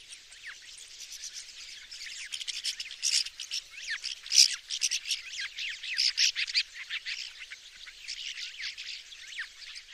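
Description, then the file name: Rosy starling chatter: a dense, continuous jumble of harsh, scratchy squeaks and chirps, swelling louder in bursts around the middle. "pasztormadar hangja"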